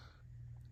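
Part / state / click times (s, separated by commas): plastic laser cannon into toy starfighter wing / not seated / none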